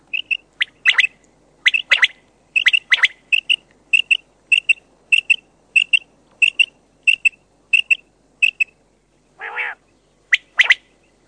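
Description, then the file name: Common quail giving short, sharp, high notes in a quick, even series, singly and in small groups, with one harsh nasal call near the end. "QUAGLIA"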